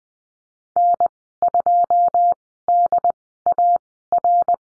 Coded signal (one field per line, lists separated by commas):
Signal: Morse code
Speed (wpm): 20 wpm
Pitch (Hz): 700 Hz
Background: none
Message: N2DAR